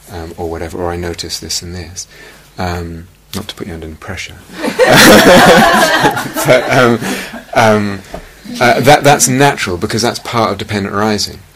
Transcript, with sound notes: or whatever, or "I notice this and this." Not to put you under any pressure... [laughter] That's natural, because that's part of dependent arising.